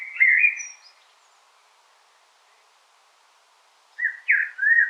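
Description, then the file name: Common blackbird song: one fluty phrase at the start, a long silence, then a choppy, slurred phrase at the end. "Turdus merula"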